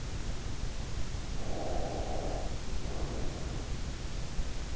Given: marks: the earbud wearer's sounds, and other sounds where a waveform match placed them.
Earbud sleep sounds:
sounds in sleep by an in-ear microphone; breath
1.37-3.57 s: breath

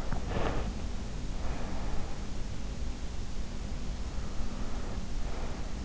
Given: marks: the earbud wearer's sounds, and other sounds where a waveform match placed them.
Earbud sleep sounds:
sounds in sleep by an in-ear microphone; breath
0.31-2.00 s: breath
4.28-5.58 s: breath

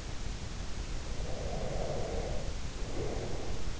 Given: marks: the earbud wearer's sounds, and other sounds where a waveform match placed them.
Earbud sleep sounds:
sounds in sleep by an in-ear microphone; breath
1.06-3.63 s: breath

